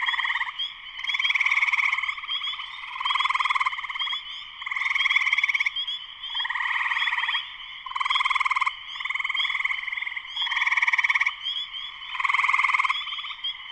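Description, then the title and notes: Spring peeper chorus: continuous high-pitched peeps with buzzy pulsed trills rising and falling in repeated waves. Full chorus shortly after sunset in Sleeping Bear Dunes National Lakeshore, northern Michigan, USA. "Spring peepers (chorus frogs) in concert. Spring peepers (chorus frogs) in full chorus shortly after sunset in the Sleeping Bear Dunes National Lakeshore in northern Michigan, USA. Recorded by Darrin Wassom. Part of the Music for Sleep project"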